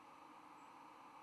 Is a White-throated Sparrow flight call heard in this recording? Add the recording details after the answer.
no. Another species' flight call is heard. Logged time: 05:23 on 10 November 2014